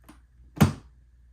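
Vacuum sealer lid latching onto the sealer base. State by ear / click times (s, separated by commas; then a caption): seated / 0.6 s. The plastic lid of a Bosenkitchen VS4100 vacuum sealer is closed over the bag opening and latched onto the sealer base. After a couple of faint taps near 0.1 s, a single loud, sharp click-thunk at 0.6 s marks the lid locking into place, followed by a brief decay into quiet hum. The lid is confirmed locked.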